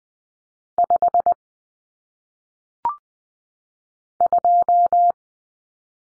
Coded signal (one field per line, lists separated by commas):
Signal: Morse code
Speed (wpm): 20 wpm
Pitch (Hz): 700 Hz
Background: none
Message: 5 2